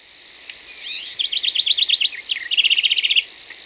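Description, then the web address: House wren song: a few rising introductory notes, then a quick run of sharp downslurred notes, ending in a dry, rapid trill. Recorded in Ecuador. "S America Birds of Ecuador. House Wren"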